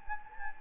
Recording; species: mosquito wingbeat signal from an infrared sensor; Anopheles gambiae